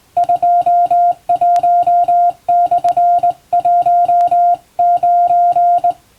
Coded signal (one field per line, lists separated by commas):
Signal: Morse code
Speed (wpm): 20 wpm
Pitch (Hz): 700 Hz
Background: music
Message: 21/19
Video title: 今では貴重！縦振り電鍵で打つモールス無線電報。かつて無線通信士という職業がありました。船と陸とをつなぐ唯一の重要な仕事でした。今でも遠洋漁業無線で使われています。morse code practice